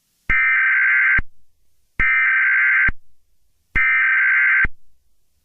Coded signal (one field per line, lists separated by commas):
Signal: Emergency Alert System (SAME) tones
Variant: header bursts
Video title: EAS Scenario - Halloween Poison (Halloween Special 1)